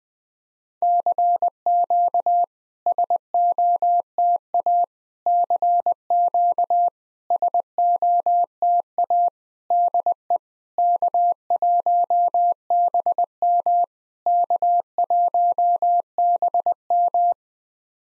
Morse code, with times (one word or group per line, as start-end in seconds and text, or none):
0.8-2.4 CQ
2.9-4.8 SOTA
5.3-6.9 CQ
7.3-9.3 SOTA
9.7-10.4 DE
10.8-13.8 K1BM
14.3-17.3 K1BM